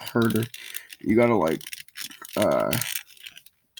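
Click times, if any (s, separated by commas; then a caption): none. Someone talks while squeezing the plastic head piece of a 30th anniversary Blitzwing robot toy down into its torso, forcing it toward its locked position because it won't simply push down and stay locked. Between the speech there are faint plastic handling rattles and scratches, plus a brief sharp tick at 3.4 s. Nothing has seated or clicked into place yet.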